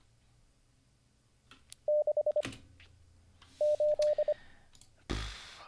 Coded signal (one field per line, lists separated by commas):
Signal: Morse code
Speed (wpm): 25 wpm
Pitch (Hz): 600 Hz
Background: none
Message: 6 8